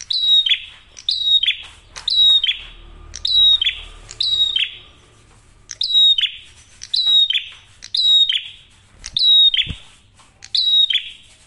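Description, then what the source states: Prinia singing high, bright phrases with a falling buzzy tail, repeated about every second with a brief pause midway. Masteran tutor audio of prenjak merah for training songbirds; singing actively with a clear voice; said to make other prinias call within five seconds.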